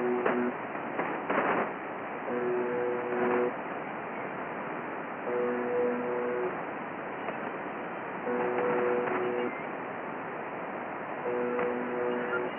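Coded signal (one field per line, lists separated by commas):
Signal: channel marker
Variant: UVB-76 (The Buzzer)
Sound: low harsh buzz about one second long, repeating every three seconds, four times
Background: radio static, crashes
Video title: UVB-76 Buzzer Spur on ~4667 kHz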